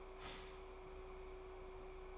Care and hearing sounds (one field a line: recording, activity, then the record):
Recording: daily activity, microphone in the room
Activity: start toaster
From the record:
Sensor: 1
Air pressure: 1004.2 hPa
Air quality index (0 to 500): 201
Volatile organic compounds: 19 ppm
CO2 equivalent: 2656 ppm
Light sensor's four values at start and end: 4/13/4/5 and 4/13/4/5